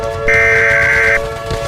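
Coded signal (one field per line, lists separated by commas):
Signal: Emergency Alert System (SAME) tones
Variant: header bursts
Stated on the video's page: Fictional WW3 EAS scenario, not a real alert.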